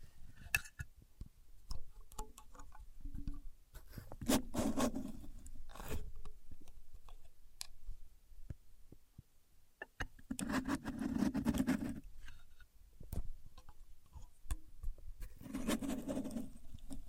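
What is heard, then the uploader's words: A contour gauge is being handled, its pins clicking and shifting in sharp, scattered ticks throughout. Three denser bursts of rattling and scraping stand out, around 4–6, 10–12 and 15–17 seconds, with a low hum underneath between quieter stretches of small taps. Using A Contour Gauge (No Talking).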